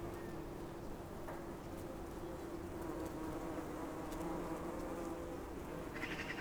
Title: Klein Holland 49, 1840 Londerzeel, België - bees and poppies